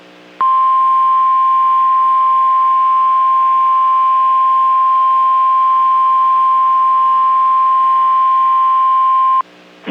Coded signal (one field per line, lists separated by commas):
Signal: Emergency Alert System (SAME) tones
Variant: 1050 Hz attention tone